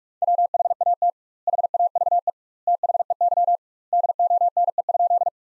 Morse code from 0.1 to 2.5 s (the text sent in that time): WHAT HAVE